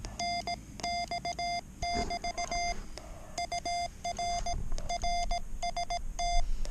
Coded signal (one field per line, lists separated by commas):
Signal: Morse code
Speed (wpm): 17 wpm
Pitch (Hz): 700 Hz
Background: none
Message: NX <BT> UR RST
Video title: Enjoy the QRP. Morse code